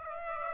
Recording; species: mosquito wingbeat signal from an infrared sensor; Aedes aegypti